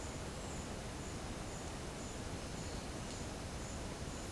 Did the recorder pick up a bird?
no